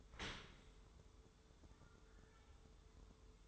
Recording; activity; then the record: daily activity, microphone in the room; open dishwasher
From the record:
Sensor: 3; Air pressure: 1014.9 hPa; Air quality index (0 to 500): 40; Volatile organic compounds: 1 ppm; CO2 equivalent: 594 ppm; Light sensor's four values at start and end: 12/27/11/11 and 12/27/11/11